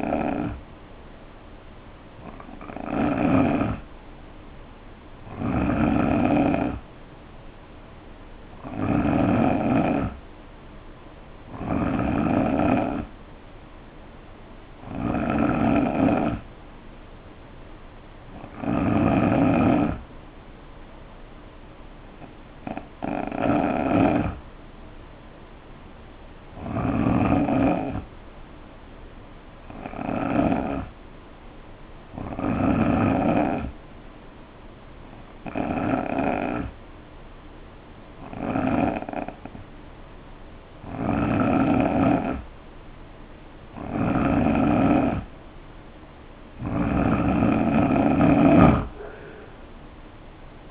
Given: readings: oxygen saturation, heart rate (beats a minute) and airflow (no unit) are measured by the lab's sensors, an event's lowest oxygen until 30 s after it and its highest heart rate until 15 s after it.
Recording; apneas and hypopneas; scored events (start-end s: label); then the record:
breathing in sleep by a voice recorder at the bedside; 1
28.00-42.50 s: hypopnea (N3, oxygen 90% highest, then 87% lowest, heart rate 62 at the start, 72 highest)
From the record:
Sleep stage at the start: N3 (deep sleep); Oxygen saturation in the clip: 88 to 90%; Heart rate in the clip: 61 to 72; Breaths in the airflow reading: 16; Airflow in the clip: -4.8 to 7.8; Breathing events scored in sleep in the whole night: 520 in 7.2 hours asleep